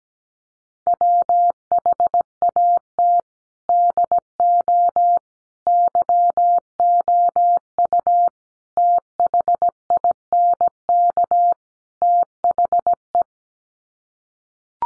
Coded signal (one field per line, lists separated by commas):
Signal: Morse code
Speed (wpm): 17 wpm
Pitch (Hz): 700 Hz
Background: none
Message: WHAT DO YOU THINK THE